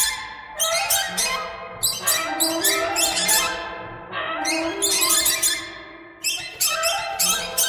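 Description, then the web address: Birds calling in dense overlapping bursts of harsh, harmonic squawks and chirps, with short pauses roughly every second or two between the clusters. "soundfactory birds"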